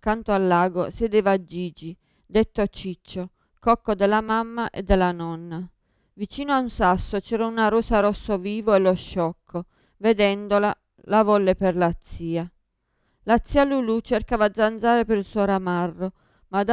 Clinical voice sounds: read passage; Italian; female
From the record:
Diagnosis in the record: Parkinson's disease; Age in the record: 54 years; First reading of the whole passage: 55 s, 9.4 characters per second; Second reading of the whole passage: 50 s, 10.4 characters per second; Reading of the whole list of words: 55 s, 5.1 characters per second

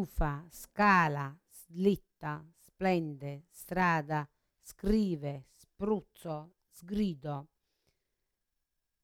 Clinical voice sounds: read list of words; Italian; female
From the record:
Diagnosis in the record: Parkinson's disease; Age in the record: 63 years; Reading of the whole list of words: 61 s, 4.6 characters per second

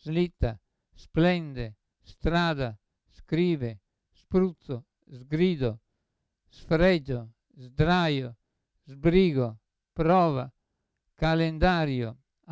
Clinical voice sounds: read list of words; Italian; male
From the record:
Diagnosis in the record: Parkinson's disease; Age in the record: 75 years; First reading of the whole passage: 62 s, 8.3 characters per second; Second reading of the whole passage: 57 s, 9.2 characters per second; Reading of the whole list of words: 53 s, 5.3 characters per second

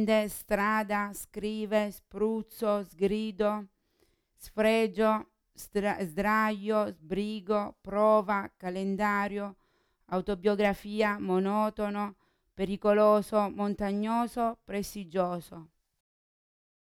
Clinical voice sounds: read list of words; Italian; female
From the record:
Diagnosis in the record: Parkinson's disease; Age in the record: 40 years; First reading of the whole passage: 61 s, 7.8 characters per second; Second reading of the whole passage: 52 s, 9.9 characters per second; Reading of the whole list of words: 55 s, 5.1 characters per second

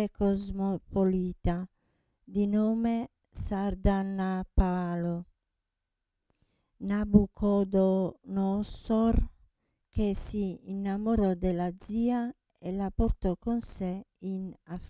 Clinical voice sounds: read passage; Italian; female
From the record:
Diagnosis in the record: Parkinson's disease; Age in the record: 67 years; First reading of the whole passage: 79 s, 6.5 characters per second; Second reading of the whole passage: 74 s, 7.0 characters per second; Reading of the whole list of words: 72 s, 3.9 characters per second

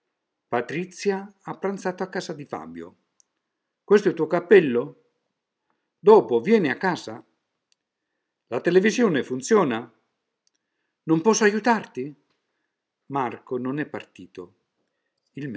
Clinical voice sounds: read phrases; Italian; male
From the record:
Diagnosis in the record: healthy control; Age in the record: 76 years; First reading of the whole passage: 56 s, 9.2 characters per second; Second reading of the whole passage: 53 s, 9.7 characters per second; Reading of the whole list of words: 49 s, 5.7 characters per second

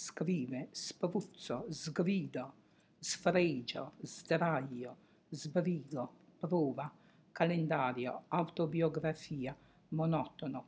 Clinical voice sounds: read list of words; Italian; female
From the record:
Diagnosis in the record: healthy control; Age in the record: 68 years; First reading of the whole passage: 56 s, 9.3 characters per second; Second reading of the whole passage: 53 s, 9.8 characters per second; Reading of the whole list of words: 52 s, 5.4 characters per second

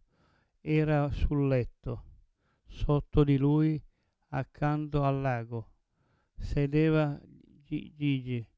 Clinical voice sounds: read passage; Italian; male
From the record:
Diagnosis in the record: Parkinson's disease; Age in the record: 70 years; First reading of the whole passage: 112 s, 4.6 characters per second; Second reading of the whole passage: 107 s, 4.9 characters per second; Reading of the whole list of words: 68 s, 4.1 characters per second

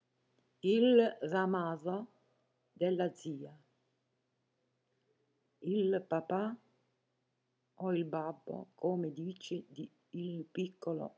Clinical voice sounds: read passage; Italian; female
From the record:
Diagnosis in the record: healthy control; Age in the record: 70 years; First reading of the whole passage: 149 s, 3.0 characters per second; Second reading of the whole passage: 105 s, 4.4 characters per second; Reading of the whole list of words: 65 s, 4.0 characters per second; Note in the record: marked for poor recording quality or reading difficulty

